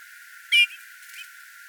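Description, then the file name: Eurasian bullfinch uttering one short, soft piping whistle, followed by a very faint trailing note. "Pyrrhula pyrrhula"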